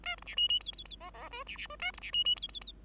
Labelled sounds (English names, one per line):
Bengalese Finch song